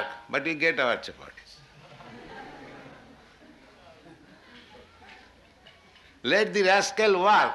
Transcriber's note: laughter